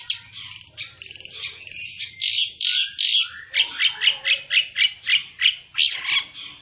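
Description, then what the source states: Long-tailed shrike song: a rapid scratchy series, a few drawn-out, rasping notes, then a brisk series of short, buzzy chirps. Singing vigorously.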